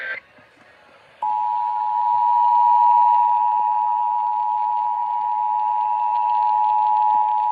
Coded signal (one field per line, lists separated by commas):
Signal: Emergency Alert System (SAME) tones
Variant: 853 and 960 Hz attention tone